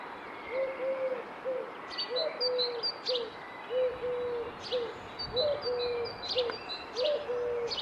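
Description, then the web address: Bird calls: a series of low, slurred notes repeated in quick bursts, with sharp, high chirps scattered above them and constant soft background noise. "Deverinetal 2025 File origin Bird Only"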